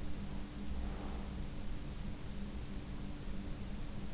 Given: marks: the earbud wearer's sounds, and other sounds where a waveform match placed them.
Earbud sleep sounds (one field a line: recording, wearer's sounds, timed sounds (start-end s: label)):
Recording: sounds in sleep by an in-ear microphone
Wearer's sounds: breath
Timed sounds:
0.53-1.47 s: breath